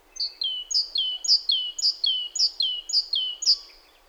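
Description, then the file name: Great tit delivering a steady series of two-note phrases, each a sharp high note dropping to a lower slurred one, about seven in a row. "Parus major"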